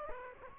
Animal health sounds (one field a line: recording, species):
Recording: mosquito wingbeat signal from an infrared sensor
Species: Anopheles gambiae